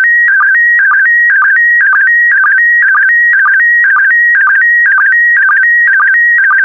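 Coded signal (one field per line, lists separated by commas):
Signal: SSTV (slow-scan television)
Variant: PD120 mode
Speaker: complete you can now check your decoded image against the picture that is shown on the video that concludes the daily transmission of slow scan tv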